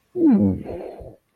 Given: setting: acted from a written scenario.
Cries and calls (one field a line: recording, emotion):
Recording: vocal sound without words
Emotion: relief